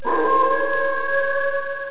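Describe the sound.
Wolf howling: a single long, steady, tonal note that holds an even pitch throughout.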